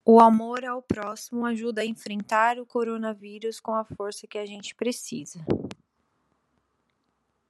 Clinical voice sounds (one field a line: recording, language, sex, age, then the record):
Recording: spoken sentence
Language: Brazilian Portuguese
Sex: female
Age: 20 to 29 years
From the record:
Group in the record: control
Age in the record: 24 years